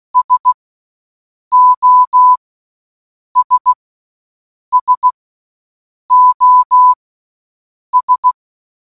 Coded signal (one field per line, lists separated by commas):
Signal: Morse code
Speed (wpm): 16 wpm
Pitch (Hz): 1000 Hz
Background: none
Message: SOS SOS